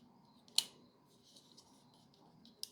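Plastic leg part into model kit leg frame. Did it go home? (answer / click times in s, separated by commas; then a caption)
no / none. A plastic leg part is handled against the leg frame of a Master Grade Sinanju model kit, with two brief sharp plastic ticks near 0.6 s and 2.6 s over faint background hiss. Nothing has seated or snapped home yet.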